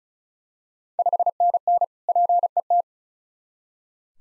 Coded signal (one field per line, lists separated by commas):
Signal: Morse code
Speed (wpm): 36 wpm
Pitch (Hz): 700 Hz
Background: none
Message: 5NN PET